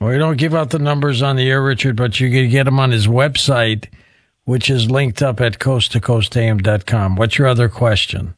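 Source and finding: Adult male radio host. Typical speech.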